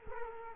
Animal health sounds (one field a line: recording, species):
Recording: mosquito wingbeat signal from an infrared sensor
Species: Culex quinquefasciatus